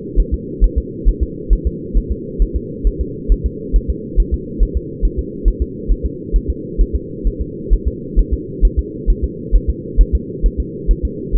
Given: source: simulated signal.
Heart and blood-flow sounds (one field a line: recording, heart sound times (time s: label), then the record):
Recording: fetal heart sounds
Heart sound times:
0.20 s: S1
0.34 s: S2
0.64 s: S1
0.78 s: S2
1.09 s: S1
1.23 s: S2
1.53 s: S1
1.67 s: S2
1.97 s: S1
2.12 s: S2
2.42 s: S1
2.56 s: S2
2.87 s: S1
3.01 s: S2
3.32 s: S1
3.46 s: S2
3.76 s: S1
3.90 s: S2
4.20 s: S1
4.34 s: S2
4.63 s: S1
4.77 s: S2
5.05 s: S1
5.19 s: S2
5.48 s: S1
5.62 s: S2
5.91 s: S1
6.06 s: S2
6.36 s: S1
6.50 s: S2
6.81 s: S1
6.95 s: S2
7.27 s: S1
7.41 s: S2
7.73 s: S1
7.88 s: S2
8.19 s: S1
8.33 s: S2
8.65 s: S1
8.79 s: S2
9.10 s: S1
9.24 s: S2
9.56 s: S1
9.70 s: S2
10.01 s: S1
10.15 s: S2
10.46 s: S1
10.60 s: S2
10.91 s: S1
11.05 s: S2
11.35 s: S1
From the record:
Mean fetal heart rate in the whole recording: 135 bpm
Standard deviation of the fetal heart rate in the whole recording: 3 bpm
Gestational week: 36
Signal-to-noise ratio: -4.1 dB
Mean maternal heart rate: no maternal heart sound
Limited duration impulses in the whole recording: absent